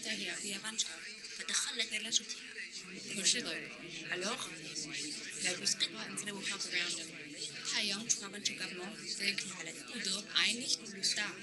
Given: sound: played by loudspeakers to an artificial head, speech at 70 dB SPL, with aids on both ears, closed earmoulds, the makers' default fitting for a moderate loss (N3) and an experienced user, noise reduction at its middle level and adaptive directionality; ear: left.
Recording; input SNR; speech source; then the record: speech test signal (ISTS) in cocktail-party noise; 0 dB; in front (0 degrees)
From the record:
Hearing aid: class 1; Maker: H